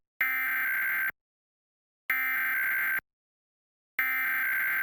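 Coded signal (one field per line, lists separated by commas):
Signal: Emergency Alert System (SAME) tones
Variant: header bursts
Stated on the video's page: Real Required Monthly Test for all of Texas, as carried on Austin-area TV stations.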